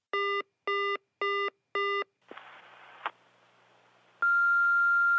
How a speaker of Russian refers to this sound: Продолжал отвратительно пищать автоответчик, пока мы, застыв у телефона, смотрели с Виталиком друг на друга широко раскрытыми глазами.